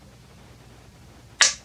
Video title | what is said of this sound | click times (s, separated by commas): Pellet Gun Overhaul and Scope Install | when you hear that click that means you've reached the recommended torque | 1.4 s